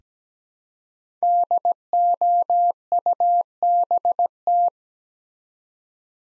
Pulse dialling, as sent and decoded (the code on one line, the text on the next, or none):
none